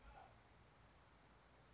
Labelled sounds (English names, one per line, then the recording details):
California Towhee
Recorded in Sonoma County, California